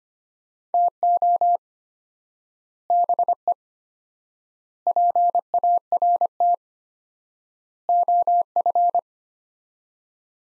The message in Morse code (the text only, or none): TO BE PART OF